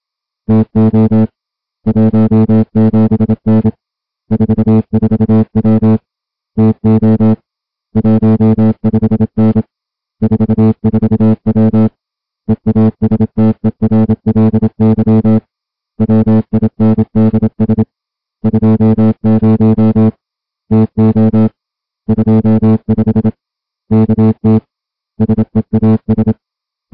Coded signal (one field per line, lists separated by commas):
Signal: Morse code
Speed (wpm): 27 wpm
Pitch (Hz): 220 Hz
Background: music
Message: TO 17N 44W TO 15N 44W EASTERLY WINDS 20 TO 25 KT SEAS